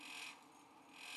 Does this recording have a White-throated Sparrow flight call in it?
no